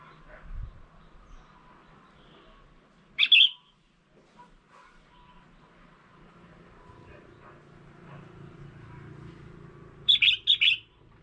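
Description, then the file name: Red-whiskered bulbul chirps: one short bright phrase, then after a long quiet stretch with low hum, a quick series of notes. Female. "tieng chao mao mai"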